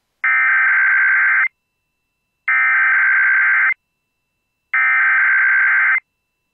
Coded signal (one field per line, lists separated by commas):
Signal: Emergency Alert System (SAME) tones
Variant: header bursts